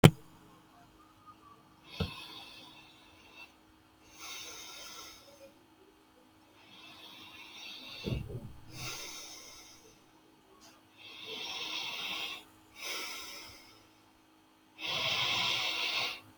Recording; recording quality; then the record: deep breathing; excellent, no background noise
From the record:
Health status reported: healthy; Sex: male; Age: 39 years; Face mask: not worn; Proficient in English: yes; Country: India